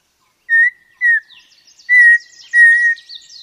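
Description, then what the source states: Audubon's Oriole song: slow, clear whistled notes on one steady pitch, spaced under a second apart, over soft high twittering. Occurs in Mexico; song described as quite different and rather melodic.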